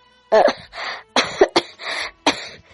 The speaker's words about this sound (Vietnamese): quỳ trên mặt đất kịch liệt ho khan, từng ngụm máu đen từ trong miệng nàng phun ra.